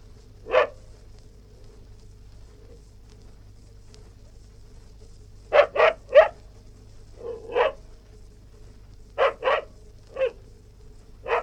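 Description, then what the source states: West Highland white terrier yapping in irregular bursts of single, paired and tripled sharp high barks, with gaps between bursts and a low hum throughout. Barking, recorded indoors.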